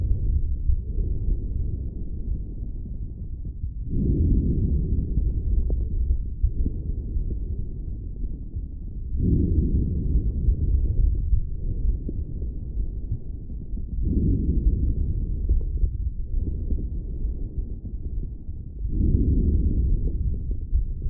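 Breath sounds heard over an adult chest through a stethoscope: low-pitched breathing noise, with louder breaths recurring about every five seconds.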